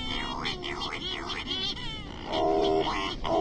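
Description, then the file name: Cory's shearwater giving nasal, wailing calls in rising and falling arches, harsh and cat-like, with a louder, steadier wail near the end over a low rumbling background. "Canto do cagarro"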